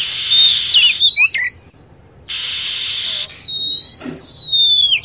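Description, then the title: Lovebird calls: a few shrill, sliding chirps, one long whistled note falling at the end, separated by a burst of steady hiss. Lure recording used to attract birds. "PIKAT BURUNG LOVEBIRD"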